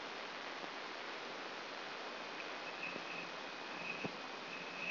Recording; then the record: brain microelectrode recording played as sound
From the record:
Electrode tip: outside the subthalamic nucleus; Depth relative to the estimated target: 4 mm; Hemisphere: left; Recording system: AlphaMap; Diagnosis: Parkinson's disease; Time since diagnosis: 9 years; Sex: male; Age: 53 years